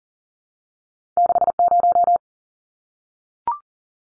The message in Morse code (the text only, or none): 60